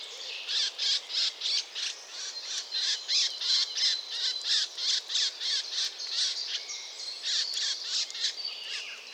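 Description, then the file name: Eurasian blackcap giving harsh, noisy call notes repeated about three times a second in steady bursts, with a faint thin whistle running underneath. "Sylvia atricapilla"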